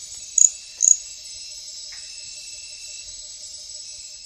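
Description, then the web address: Glass frog giving two short, high, tonal chirps about half a second apart over a steady, shrill insect drone. Recorded in the Ecuadorian Amazon, South America. "Frogs of Ecuadorian Amazon Cochranella midas"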